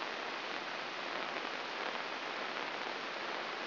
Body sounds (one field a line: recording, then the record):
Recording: brain microelectrode recording played as sound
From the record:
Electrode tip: inside the subthalamic nucleus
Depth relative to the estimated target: -0.5 mm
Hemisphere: left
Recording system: AlphaMap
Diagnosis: Parkinson's disease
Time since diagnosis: 8 years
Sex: male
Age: 59 years